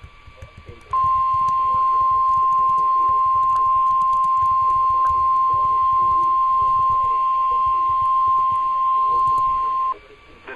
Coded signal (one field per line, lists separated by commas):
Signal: Emergency Alert System (SAME) tones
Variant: 1050 Hz attention tone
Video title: Spring Break EAS Alerts (EAS 151-172)